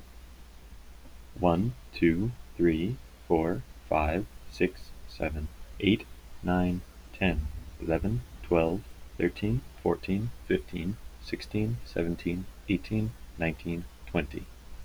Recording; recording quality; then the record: counting at a normal pace; moderate, slight background noise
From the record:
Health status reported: healthy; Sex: male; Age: 28 years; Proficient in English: yes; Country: United States